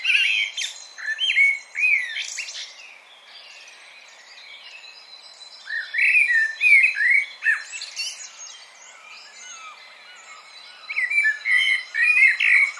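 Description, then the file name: Common blackbird song in three separate bursts, each a rich warbled whistle sliding into scratchy high-pitched twittering, with quiet gaps between. "Turdus merula"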